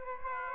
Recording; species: mosquito wingbeat signal from an infrared sensor; Aedes aegypti